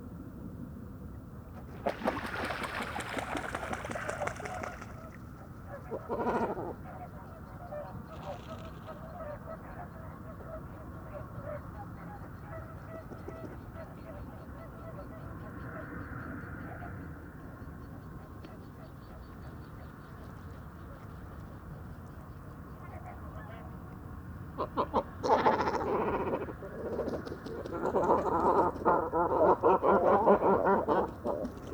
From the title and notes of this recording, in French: Dortoir de Grands cormorans. Bord du Vaccarès - Camargue - Mixp3 - mkh40. La Camargue qui le soir murmure des voitures mêmes lointaines. Les Grands cormorans (Phalacrocorax carbo) se rassemblent sur les piquets installés par les pêcheurs et vont passer ici la nuit, mais il n'y a pas de la place pour tous. Alors, les conflits sont incessants jusqu'à la nuit avant que n'arrive le silence.